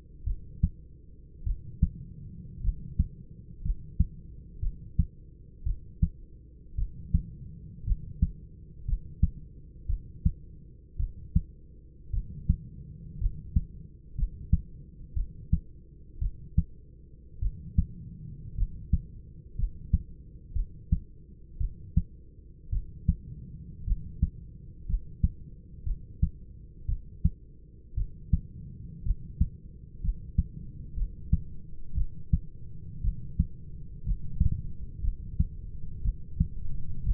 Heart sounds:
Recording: heart sounds by stethoscope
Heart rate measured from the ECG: 57 bpm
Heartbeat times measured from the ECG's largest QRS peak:
0.25 s: heartbeat
1.44 s: heartbeat
2.62 s: heartbeat
3.62 s: heartbeat
4.60 s: heartbeat
5.64 s: heartbeat
6.76 s: heartbeat
7.85 s: heartbeat
8.86 s: heartbeat
9.87 s: heartbeat
10.97 s: heartbeat
12.11 s: heartbeat
13.19 s: heartbeat
14.16 s: heartbeat
15.14 s: heartbeat
16.19 s: heartbeat
17.40 s: heartbeat
18.56 s: heartbeat
19.56 s: heartbeat
20.53 s: heartbeat
21.58 s: heartbeat
22.70 s: heartbeat
23.85 s: heartbeat
24.87 s: heartbeat
25.84 s: heartbeat
26.86 s: heartbeat
27.95 s: heartbeat
29.04 s: heartbeat
30.01 s: heartbeat
30.95 s: heartbeat
31.95 s: heartbeat
33.02 s: heartbeat
34.04 s: heartbeat
35.02 s: heartbeat
36.03 s: heartbeat
37.04 s: heartbeat
From the record:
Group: healthy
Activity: rest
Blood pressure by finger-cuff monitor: 129/61 mmHg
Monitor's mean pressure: 82 mmHg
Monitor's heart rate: 58 bpm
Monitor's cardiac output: 5.7 L/min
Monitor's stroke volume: 101 mL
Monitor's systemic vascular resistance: 1020 dyn s/cm5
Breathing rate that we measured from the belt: 11 breaths a minute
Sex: male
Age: 25 years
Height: 170 cm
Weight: 70.4 kg

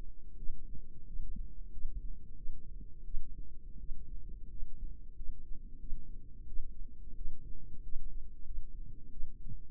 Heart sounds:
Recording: heart sounds by microphone in the left ear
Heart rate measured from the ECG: 89 bpm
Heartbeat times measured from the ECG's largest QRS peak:
0.37 s: heartbeat
1.06 s: heartbeat
1.72 s: heartbeat
2.36 s: heartbeat
3.04 s: heartbeat
3.79 s: heartbeat
4.49 s: heartbeat
5.16 s: heartbeat
5.79 s: heartbeat
6.47 s: heartbeat
7.15 s: heartbeat
7.82 s: heartbeat
8.45 s: heartbeat
9.10 s: heartbeat
From the record:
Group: healthy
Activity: rest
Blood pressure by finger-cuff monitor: 120/75 mmHg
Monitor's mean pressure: 87 mmHg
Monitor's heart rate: 91 bpm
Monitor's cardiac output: 7 L/min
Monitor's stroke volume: 79 mL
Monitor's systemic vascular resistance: 910 dyn s/cm5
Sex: female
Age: 22 years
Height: 163 cm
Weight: 67.1 kg

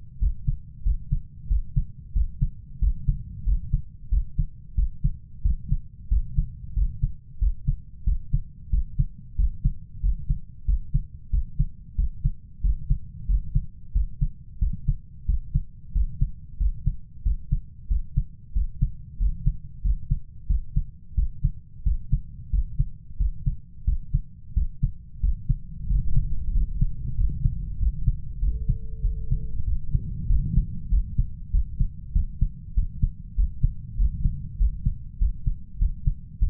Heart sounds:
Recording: heart sounds by stethoscope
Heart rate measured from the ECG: 93 bpm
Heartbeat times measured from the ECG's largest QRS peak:
0.21 s: heartbeat
0.86 s: heartbeat
1.50 s: heartbeat
2.15 s: heartbeat
2.82 s: heartbeat
3.46 s: heartbeat
4.12 s: heartbeat
4.77 s: heartbeat
5.45 s: heartbeat
6.11 s: heartbeat
6.76 s: heartbeat
7.41 s: heartbeat
8.07 s: heartbeat
8.73 s: heartbeat
9.39 s: heartbeat
10.03 s: heartbeat
10.68 s: heartbeat
11.33 s: heartbeat
11.98 s: heartbeat
12.64 s: heartbeat
13.29 s: heartbeat
13.95 s: heartbeat
14.61 s: heartbeat
15.28 s: heartbeat
15.95 s: heartbeat
16.60 s: heartbeat
17.25 s: heartbeat
17.90 s: heartbeat
18.56 s: heartbeat
19.20 s: heartbeat
19.84 s: heartbeat
20.49 s: heartbeat
21.17 s: heartbeat
21.86 s: heartbeat
22.53 s: heartbeat
23.20 s: heartbeat
23.87 s: heartbeat
24.56 s: heartbeat
25.23 s: heartbeat
25.90 s: heartbeat
26.55 s: heartbeat
27.18 s: heartbeat
27.81 s: heartbeat
28.42 s: heartbeat
29.04 s: heartbeat
29.67 s: heartbeat
30.30 s: heartbeat
30.92 s: heartbeat
31.53 s: heartbeat
32.15 s: heartbeat
32.77 s: heartbeat
33.38 s: heartbeat
33.99 s: heartbeat
34.60 s: heartbeat
35.21 s: heartbeat
35.81 s: heartbeat
36.41 s: heartbeat
From the record:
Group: healthy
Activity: rest 0-29 s, cold pressor test 29-37 s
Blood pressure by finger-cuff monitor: 148/79 mmHg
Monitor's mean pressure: 98 mmHg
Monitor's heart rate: 92 bpm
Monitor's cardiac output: 7.7 L/min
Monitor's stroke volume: 84 mL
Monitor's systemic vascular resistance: 930 dyn s/cm5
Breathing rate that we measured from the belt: 18 breaths a minute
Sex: male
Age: 21 years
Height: 175 cm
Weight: 72.6 kg

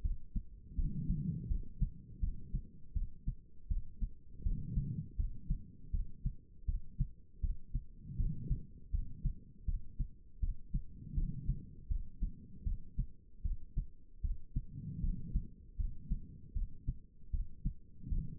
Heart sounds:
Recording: heart sounds by stethoscope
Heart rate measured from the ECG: 80 bpm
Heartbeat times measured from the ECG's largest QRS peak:
0.02 s: heartbeat
0.76 s: heartbeat
1.48 s: heartbeat
2.20 s: heartbeat
2.94 s: heartbeat
3.68 s: heartbeat
4.43 s: heartbeat
5.17 s: heartbeat
5.91 s: heartbeat
6.66 s: heartbeat
7.41 s: heartbeat
8.17 s: heartbeat
8.91 s: heartbeat
9.66 s: heartbeat
10.40 s: heartbeat
11.15 s: heartbeat
11.88 s: heartbeat
12.64 s: heartbeat
13.43 s: heartbeat
14.22 s: heartbeat
15.01 s: heartbeat
15.77 s: heartbeat
16.54 s: heartbeat
17.31 s: heartbeat
18.09 s: heartbeat
From the record:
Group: healthy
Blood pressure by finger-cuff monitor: 109/73 mmHg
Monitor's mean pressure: 87 mmHg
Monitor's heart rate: 80 bpm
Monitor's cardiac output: 4.8 L/min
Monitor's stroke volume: 61 mL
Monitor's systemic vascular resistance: 1310 dyn s/cm5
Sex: female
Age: 51 years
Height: 162 cm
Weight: 70.04 kg

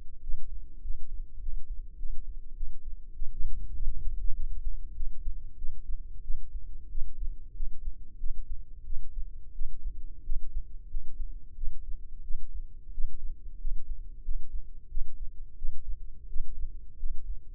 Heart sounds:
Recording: heart sounds by microphone in the left ear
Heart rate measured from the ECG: 93 bpm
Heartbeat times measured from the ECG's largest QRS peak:
0.21 s: heartbeat
0.82 s: heartbeat
1.40 s: heartbeat
1.97 s: heartbeat
2.55 s: heartbeat
3.14 s: heartbeat
3.74 s: heartbeat
4.34 s: heartbeat
4.94 s: heartbeat
5.56 s: heartbeat
6.22 s: heartbeat
6.89 s: heartbeat
7.55 s: heartbeat
8.18 s: heartbeat
8.84 s: heartbeat
9.53 s: heartbeat
10.24 s: heartbeat
10.89 s: heartbeat
11.55 s: heartbeat
12.22 s: heartbeat
12.92 s: heartbeat
13.59 s: heartbeat
14.23 s: heartbeat
14.89 s: heartbeat
15.56 s: heartbeat
16.28 s: heartbeat
16.98 s: heartbeat
From the record:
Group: healthy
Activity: rest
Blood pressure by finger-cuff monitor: 103/67 mmHg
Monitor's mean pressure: 76 mmHg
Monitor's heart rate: 92 bpm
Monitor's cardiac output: 7.2 L/min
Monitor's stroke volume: 78 mL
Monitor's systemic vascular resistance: 760 dyn s/cm5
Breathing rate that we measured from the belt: 19 breaths a minute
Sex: female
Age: 19 years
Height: 163 cm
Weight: 48.9 kg

